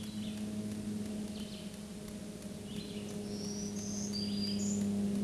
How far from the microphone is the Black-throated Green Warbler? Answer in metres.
about 15 m